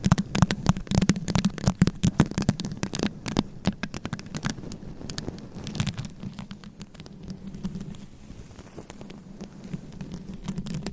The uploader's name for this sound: Changing Triggers Every Few Seconds Scratching , Tapping , Massage & More